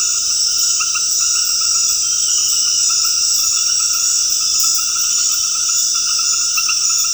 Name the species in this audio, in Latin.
none